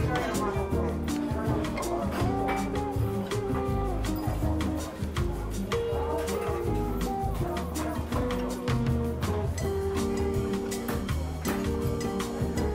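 Seaside café ambience with a steady blend of conversation and background music. Sustained low and mid notes shift every second or so under regular, crisp rhythmic taps, while chatter fills the room at an even, constant level throughout.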